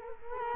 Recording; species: mosquito wingbeat signal from an infrared sensor; Culex quinquefasciatus